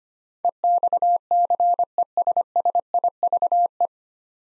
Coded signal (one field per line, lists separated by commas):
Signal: Morse code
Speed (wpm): 25 wpm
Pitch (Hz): 700 Hz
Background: none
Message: EXCESSIVE